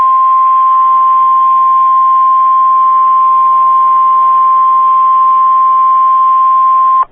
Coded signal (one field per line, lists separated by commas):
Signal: Emergency Alert System (SAME) tones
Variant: 1050 Hz attention tone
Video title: SVR for Cleveland, Garvin, and McClain, OK (EAS #113)